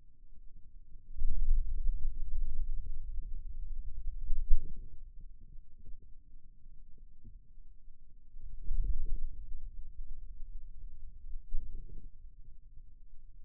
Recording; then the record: forearm muscle sounds (acoustic myography)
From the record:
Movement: wrist extension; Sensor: system 2, bracelet of six BSWA MPA416 microphones around the upper forearm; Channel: 1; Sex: male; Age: 22 years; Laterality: right